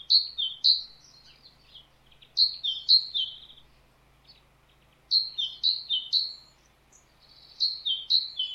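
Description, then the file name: Great tit giving clear repeated phrases of three to four sharp down-slurred notes, each burst followed by a short pause, over a quiet background. "Parus major"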